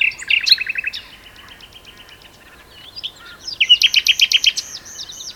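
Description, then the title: Common nightingale singing a quick run of repeated notes, a quiet gap, then a loud pulsing series of about ten rhythmic chirps. Two nightingales singing in a duet on Westleton Heath. "sanderson. nightingale duet on westleton heath"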